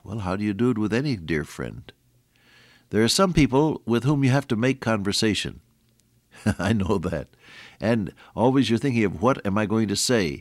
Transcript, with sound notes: Well, how do you do it with any dear friend? There are some people with whom you have to make conversation. [chuckle] I know that and always you’re thinking of, “What am I going to say?